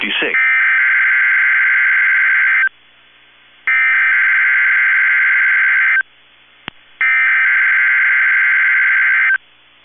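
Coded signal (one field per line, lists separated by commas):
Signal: Emergency Alert System (SAME) tones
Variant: header bursts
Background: speech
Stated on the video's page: Required weekly test, recorded on a phone.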